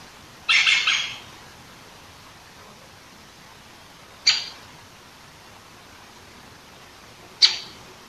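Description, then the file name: Great Spotted Woodpecker giving a harsh, scratchy burst followed by two short, sharp 'kik' calls about three seconds apart, against a quiet background. Recorded 21 September 2015. "dzieciol duzy nikolay sariev. dendrocopos major), 2015-09-21"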